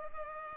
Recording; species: mosquito wingbeat signal from an infrared sensor; Culex pipiens